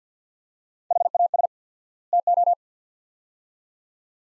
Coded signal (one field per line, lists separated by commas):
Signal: Morse code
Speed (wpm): 50 wpm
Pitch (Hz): 700 Hz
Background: none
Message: HAS TO